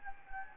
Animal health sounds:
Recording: mosquito wingbeat signal from an infrared sensor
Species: Anopheles gambiae

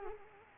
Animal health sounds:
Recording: mosquito wingbeat signal from an infrared sensor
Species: Culex quinquefasciatus

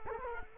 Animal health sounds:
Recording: mosquito wingbeat signal from an infrared sensor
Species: Culex quinquefasciatus

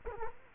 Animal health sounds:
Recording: mosquito wingbeat signal from an infrared sensor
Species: Culex quinquefasciatus

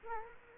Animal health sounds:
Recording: mosquito wingbeat signal from an infrared sensor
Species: Culex quinquefasciatus

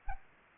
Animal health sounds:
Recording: mosquito wingbeat signal from an infrared sensor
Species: Anopheles gambiae

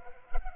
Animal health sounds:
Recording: mosquito wingbeat signal from an infrared sensor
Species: Culex pipiens

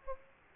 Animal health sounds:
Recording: mosquito wingbeat signal from an infrared sensor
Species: Aedes aegypti

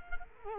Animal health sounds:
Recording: mosquito wingbeat signal from an infrared sensor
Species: Culex quinquefasciatus

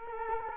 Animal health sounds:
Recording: mosquito wingbeat signal from an infrared sensor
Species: Culex quinquefasciatus

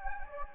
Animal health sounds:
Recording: mosquito wingbeat signal from an infrared sensor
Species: Anopheles gambiae

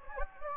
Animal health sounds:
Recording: mosquito wingbeat signal from an infrared sensor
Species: Anopheles gambiae

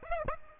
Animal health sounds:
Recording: mosquito wingbeat signal from an infrared sensor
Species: Aedes aegypti

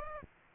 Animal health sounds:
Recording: mosquito wingbeat signal from an infrared sensor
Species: Aedes aegypti

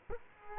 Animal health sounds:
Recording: mosquito wingbeat signal from an infrared sensor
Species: Culex quinquefasciatus

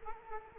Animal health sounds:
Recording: mosquito wingbeat signal from an infrared sensor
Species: Culex quinquefasciatus

